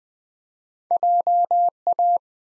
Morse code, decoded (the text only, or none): JA